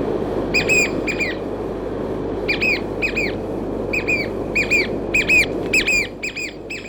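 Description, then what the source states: Chatham Island oystercatcher repeating loud, clipped whistled notes, often in doubled pairs, against a steady rushing background. Chatham Islands; described as song.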